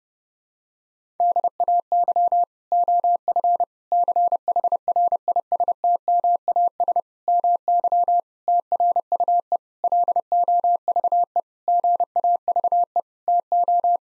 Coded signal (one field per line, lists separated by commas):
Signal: Morse code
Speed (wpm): 30 wpm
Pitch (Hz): 700 Hz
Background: none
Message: DAY OF CHRISTMAS MY TRUE LOVE GAVE TO